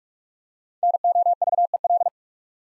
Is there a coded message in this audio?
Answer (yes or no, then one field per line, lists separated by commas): yes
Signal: Morse code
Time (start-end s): 0.8-2.1 s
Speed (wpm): 44 wpm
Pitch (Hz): 700 Hz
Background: none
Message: NOVEL